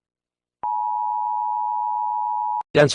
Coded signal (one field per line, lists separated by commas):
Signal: Emergency Alert System (SAME) tones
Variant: 853 and 960 Hz attention tone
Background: speech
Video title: ￼what lurks in the darkness Full version Dark Eas Scenario